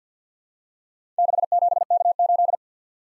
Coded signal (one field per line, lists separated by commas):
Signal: Morse code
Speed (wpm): 52 wpm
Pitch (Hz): 700 Hz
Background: none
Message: 67K8